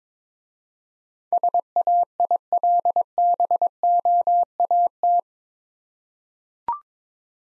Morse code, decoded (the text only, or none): SAILBOAT